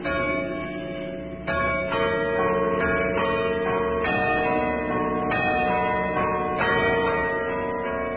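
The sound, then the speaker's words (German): A carillon high in the tower of the old Garrison Church in Potsdam, Germany, plays a slow melody on Christmas Eve 1940, each bell struck in turn at roughly one-second intervals, its bright metallic tones ringing on and overlapping at a steady, moderate loudness, with no voices. “Das Glockenspiel hoch am Turm der alten Garnisonkirche.”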